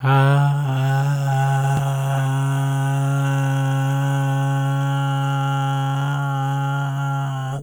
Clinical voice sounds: sustained vowel /a/; male; 60 to 69 years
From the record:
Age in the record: 62 years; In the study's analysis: included

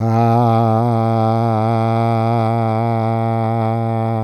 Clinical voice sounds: sustained vowel /a/; male; 50 to 59 years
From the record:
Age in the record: 55 years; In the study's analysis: included

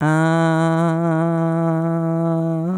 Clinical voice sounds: sustained vowel /a/; female; 60 to 69 years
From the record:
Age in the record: 65 years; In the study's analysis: included

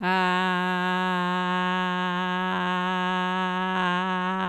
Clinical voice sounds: sustained vowel /a/; female; 50 to 59 years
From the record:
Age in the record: 55 years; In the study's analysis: included

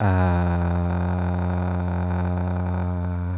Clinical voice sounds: sustained vowel /a/; male; 50 to 59 years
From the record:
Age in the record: 53 years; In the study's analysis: included

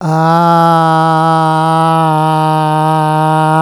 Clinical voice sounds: sustained vowel /a/; male; 50 to 59 years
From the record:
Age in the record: 58 years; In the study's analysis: included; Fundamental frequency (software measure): 156 Hz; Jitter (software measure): 0.29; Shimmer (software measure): 1.05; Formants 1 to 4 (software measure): 797 Hz, 1327 Hz, 2708 Hz, 3805 Hz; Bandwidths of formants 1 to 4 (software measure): 101 Hz, 114 Hz, 275 Hz, 240 Hz

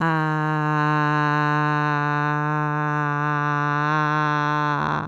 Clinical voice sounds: sustained vowel /a/; female; 50 to 59 years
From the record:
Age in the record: 54 years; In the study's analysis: included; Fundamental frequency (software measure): 149 Hz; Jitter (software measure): 0.32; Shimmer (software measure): 0.76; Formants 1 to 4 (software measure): 886 Hz, 1518 Hz, 2541 Hz, 3660 Hz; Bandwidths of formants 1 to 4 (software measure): 217 Hz, 260 Hz, 165 Hz, 254 Hz

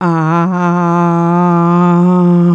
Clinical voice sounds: sustained vowel /a/; female; 50 to 59 years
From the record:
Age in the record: 54 years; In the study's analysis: included

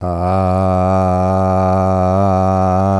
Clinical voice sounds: sustained vowel /a/; male; 50 to 59 years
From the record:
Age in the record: 51 years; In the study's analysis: included

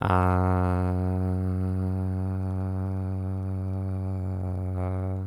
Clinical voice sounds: sustained vowel /a/; male; 50 to 59 years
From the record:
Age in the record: 52 years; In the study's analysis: included

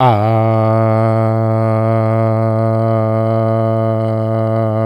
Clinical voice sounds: sustained vowel /a/; male; 40 to 49 years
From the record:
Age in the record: 46 years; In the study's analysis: included

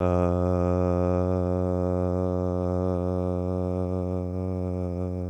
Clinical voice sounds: sustained vowel /a/; male; 20 to 29 years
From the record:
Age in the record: 20 years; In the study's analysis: included

